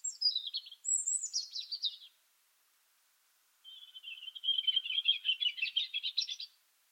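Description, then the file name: European robin singing two high, thin warbled phrases, the first tumbling downward, the second a fast jittery trill, separated by about a second and a half of silence. "Erithacus rubecula"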